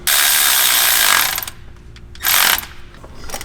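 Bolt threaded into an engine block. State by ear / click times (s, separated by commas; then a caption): stripped / none. A ratchet tightens a bolt into the threads of an engine block on an S13 hatch's SR engine, which is known to strip these block threads. Long, loud, hissy ratcheting bursts run from about 0.1 to 1.4 s and again from 2.2 to 2.6 s, with quick pawl clicks around 1.4–1.5 s and fainter ticks between. The bolt pulls the block threads out completely, but no sound marks the moment they let go, and nothing seats or clicks into place.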